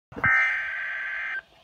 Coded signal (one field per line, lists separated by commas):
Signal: Emergency Alert System (SAME) tones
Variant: header bursts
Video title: HD 60FPS - NWS Taunton - Severe Thunderstorm Warning FOR ME!!! - EAS 5